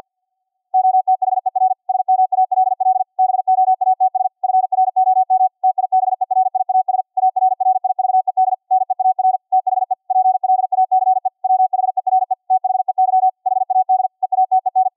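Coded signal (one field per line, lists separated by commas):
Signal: Morse code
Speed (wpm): 50 wpm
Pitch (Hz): 750 Hz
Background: none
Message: OTHER SMALL BOATS FROM TIBERIAS ARRIVED NEAR THE PLACE WHERE THEY HAD EATEN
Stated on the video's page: 50 wpm QRQ CW from a VLF transmitter received on a VLF receiver, with a 50 Hz filter, gate and bandpass filter against ringing.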